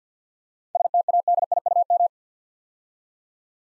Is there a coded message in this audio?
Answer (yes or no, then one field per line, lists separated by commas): yes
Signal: Morse code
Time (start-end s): 0.8-2.1 s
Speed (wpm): 50 wpm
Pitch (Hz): 700 Hz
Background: none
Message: STADIUM